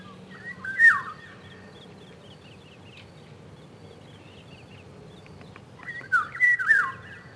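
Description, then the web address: Eurasian golden oriole song: two rich, fluty whistled phrases, the first early and the second after about five seconds, with faint high chirps from other birds between. Spring. "vremena vesna ivolga"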